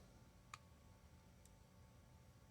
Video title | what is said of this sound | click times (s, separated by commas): Lesser Magistrate v1.0.0 Build Instructions (part 14) | get those to thread through and once they're in place we can bring the switch in and you'll actually hear it click into place | 0.5 s